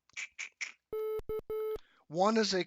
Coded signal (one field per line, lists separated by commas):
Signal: none